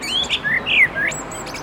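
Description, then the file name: Common blackbird: a few clear, fluted whistled notes with short gaps between them. "Turdus merula"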